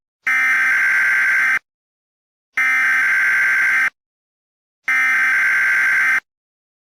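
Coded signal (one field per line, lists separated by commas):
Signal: Emergency Alert System (SAME) tones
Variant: header bursts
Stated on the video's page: Valid EAS tones added into a Burger King ad.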